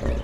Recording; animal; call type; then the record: contact call of a hoofed animal; wild boar; grunt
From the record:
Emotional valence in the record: positive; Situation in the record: food anticipation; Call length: 0.24 s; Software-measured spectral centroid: 1470 Hz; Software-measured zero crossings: 770 a second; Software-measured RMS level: -25 dBFS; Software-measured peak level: -12 dBFS